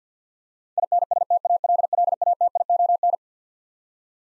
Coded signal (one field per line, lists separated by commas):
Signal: Morse code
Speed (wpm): 48 wpm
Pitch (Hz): 700 Hz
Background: none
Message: INSTALLATION